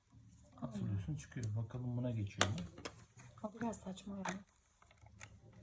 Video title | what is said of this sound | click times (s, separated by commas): Dibea FC20 şarjlı süpürge | buna da öyle çıt diye oturma durumu yok. | none